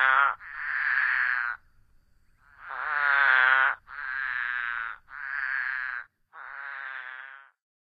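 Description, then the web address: Couch's spadefoot calling: loud, nasal, bleating notes, most about a second long, six in all, with short gaps between them and a longer pause after the second. Recorded in North America. "Songs of Frogs Toads of North America. Couchs Spadefoot"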